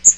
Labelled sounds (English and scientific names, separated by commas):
Magnolia Warbler (Setophaga magnolia) flight call